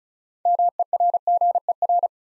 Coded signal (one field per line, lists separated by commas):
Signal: Morse code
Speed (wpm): 36 wpm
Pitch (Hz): 700 Hz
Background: none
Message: MERGER